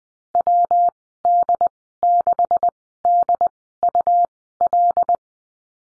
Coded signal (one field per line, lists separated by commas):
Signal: Morse code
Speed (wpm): 20 wpm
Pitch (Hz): 700 Hz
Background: none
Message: WD6DUL